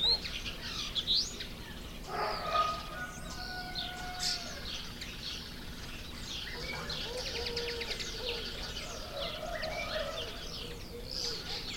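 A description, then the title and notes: Canaries warble and chirp without pause, a dense, bright tangle of quick trills and tweets layered over one another. Lower, steadier held notes sound from about two to five seconds in, and soft low calls return over the second half. The gentle cooing of doves to the playful warbling of canaries.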